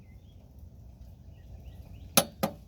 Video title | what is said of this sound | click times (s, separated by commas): Servicing my Ram 3500 68RFE Transmission Part 3 ❤❤❤ | hear that that's 35 foot pounds the whole thing clicks so now | 2.2 s, 2.4 s